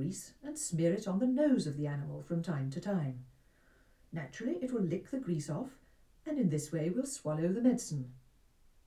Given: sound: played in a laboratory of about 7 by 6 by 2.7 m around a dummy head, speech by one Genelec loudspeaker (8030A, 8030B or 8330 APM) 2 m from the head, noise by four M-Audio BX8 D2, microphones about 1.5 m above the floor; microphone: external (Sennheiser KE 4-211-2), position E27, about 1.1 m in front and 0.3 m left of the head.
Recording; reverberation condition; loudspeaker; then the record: female speech in English; low; behind (180 degrees)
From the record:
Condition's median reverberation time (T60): about 310 ms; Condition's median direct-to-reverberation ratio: about 3.5 dB